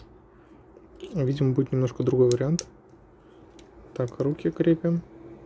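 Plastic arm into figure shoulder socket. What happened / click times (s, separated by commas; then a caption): The plastic arm is being handled but has not snapped into place yet / none. Someone talks while handling a plastic arm at the shoulder socket of a collectible figure, getting ready to press it onto the shoulder joint. Between the two stretches of speech there is only quiet handling, and the arm has not yet snapped into the shoulder; nothing has seated or clicked yet.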